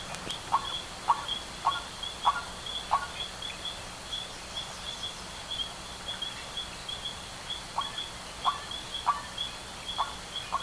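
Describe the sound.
Bird calls, short sharp notes repeated in loose series roughly every half second, with a long pause, over a steady high hum.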